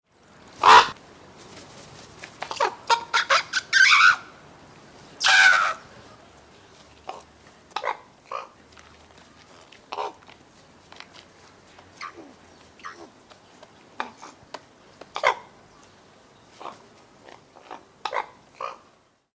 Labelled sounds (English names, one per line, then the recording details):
Common Raven
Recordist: Tembrock, Günter
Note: Kontaktlaute